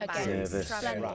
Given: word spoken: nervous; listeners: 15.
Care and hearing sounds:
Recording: one English word in noise, from a listening test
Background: four-talker babble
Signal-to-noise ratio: -0.3 dB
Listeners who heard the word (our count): 5 of 15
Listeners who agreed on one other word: 6 of 15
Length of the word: 0.75 s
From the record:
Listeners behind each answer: 6, 5, 4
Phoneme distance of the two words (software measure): 20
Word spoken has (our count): 2 syllables, 5 phonemes, stress on syllable 1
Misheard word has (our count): 2 syllables, 5 phonemes, stress on syllable 1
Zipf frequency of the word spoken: 4.87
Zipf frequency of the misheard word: 5.20

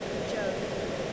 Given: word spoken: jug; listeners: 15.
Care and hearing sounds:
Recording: one English word in noise, from a listening test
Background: speech-shaped noise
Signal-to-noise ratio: -6.9 dB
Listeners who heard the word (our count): 0 of 15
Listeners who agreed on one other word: 14 of 15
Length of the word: 0.73 s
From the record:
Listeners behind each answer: 14, 1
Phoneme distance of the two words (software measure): 20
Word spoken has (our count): 1 syllable, 3 phonemes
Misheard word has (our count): 1 syllable, 3 phonemes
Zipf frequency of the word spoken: 4.06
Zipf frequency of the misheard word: 4.59

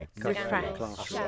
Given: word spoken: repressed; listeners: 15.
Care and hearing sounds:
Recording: one English word in noise, from a listening test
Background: four-talker babble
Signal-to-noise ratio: -0.3 dB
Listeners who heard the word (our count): 0 of 15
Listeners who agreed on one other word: 6 of 15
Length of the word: 0.88 s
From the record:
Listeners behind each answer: 6, 2, 1, 1, 1, 1, 1, 1, 1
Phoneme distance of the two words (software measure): 27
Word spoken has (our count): 2 syllables, 7 phonemes, stress on syllable 2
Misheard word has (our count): 2 syllables, 6 phonemes, stress on syllable 2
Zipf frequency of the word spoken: 2.89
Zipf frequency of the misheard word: 3.08

